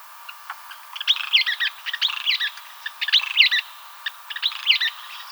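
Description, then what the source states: Western kingbird chattering, a run of sharp, squeaky high notes in several quick bursts. Recorded 7 July 2007.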